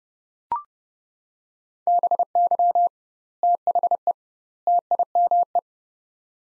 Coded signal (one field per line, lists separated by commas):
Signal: Morse code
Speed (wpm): 30 wpm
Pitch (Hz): 700 Hz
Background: none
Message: BY THE TIME